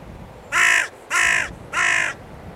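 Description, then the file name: Carrion crow giving three harsh, hoarse caws in quick succession. "Corvus corone"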